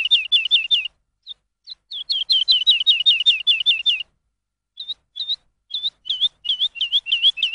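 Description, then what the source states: Lark song: quick series of looping, whistled high notes, broken by brief silences and isolated chirps before the rolling phrase resumes. Lark song used for training songbirds.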